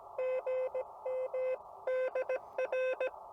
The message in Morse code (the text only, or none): GM DR